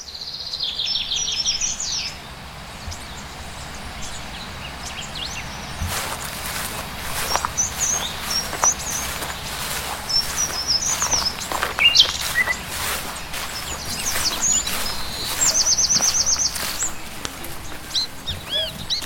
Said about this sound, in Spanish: Estoy escuchando pajaritos.